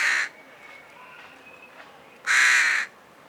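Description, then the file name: Carrion crow cawing: the tail of one raspy caw at the start, then a second loud harsh caw after about two seconds of quiet with faint background chirps. "Corvus corone"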